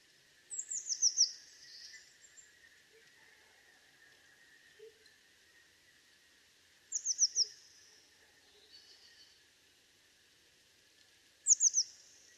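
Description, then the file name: Eurasian blue tit calls: three brief clusters of very high, thin, falling notes, spaced several seconds apart over a faint steady hum. "Cyanistes caeruleus"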